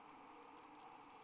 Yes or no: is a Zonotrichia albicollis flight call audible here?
no